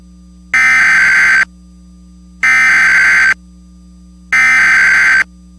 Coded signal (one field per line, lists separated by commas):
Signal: Emergency Alert System (SAME) tones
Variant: header bursts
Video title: (VALID TONES) EAS Recreation Mock - Hagerstown, MD Tornado Warning (09/08/2012) (DOUBLE RELAY)